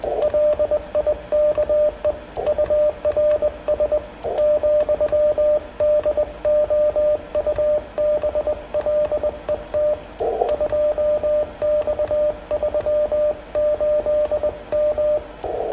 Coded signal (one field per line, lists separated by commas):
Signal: Morse code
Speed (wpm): 21 wpm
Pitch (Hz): 590 Hz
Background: radio noise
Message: LIKE URS, DOUBLET 2X38M